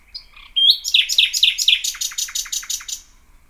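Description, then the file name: Common nightingale song: a brief high introductory whistle, then a fast, rhythmic series of repeated rich notes, pulsing steadily for about two seconds. "luscinia megarhynchos"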